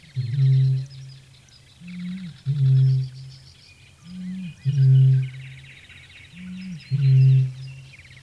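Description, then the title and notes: Eurasian bittern booming: four deep resonant booms, most led by a short higher gulp, repeating at a steady pace, with songbirds faintly in the background. From Päijät-Häme, Finland, in spring; released on cassette in 1983. "Kaulushaikara. Ilkka Heiskanen Kevät - Luontoääniä Päijät-Hämeestä"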